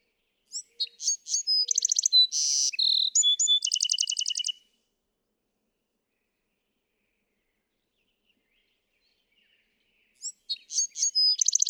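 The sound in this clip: Bewick's wren song: a quick phrase of high chips, a buzzy note and a rapid trill, then a long pause before the song starts again.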